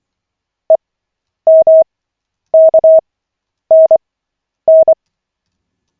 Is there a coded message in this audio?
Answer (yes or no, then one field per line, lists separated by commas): yes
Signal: Morse code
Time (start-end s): 0.7-4.9 s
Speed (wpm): 24 wpm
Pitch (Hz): 640 Hz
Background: none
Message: EMKNN